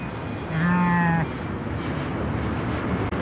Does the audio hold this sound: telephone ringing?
no